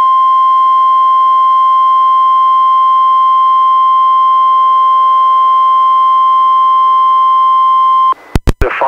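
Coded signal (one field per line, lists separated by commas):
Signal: Emergency Alert System (SAME) tones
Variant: 1050 Hz attention tone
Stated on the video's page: SAME tones from NOAA Weather Radio and TV relays of severe thunderstorm and special marine warnings, some from online streams, one received on a Reecom R-1630 weather radio.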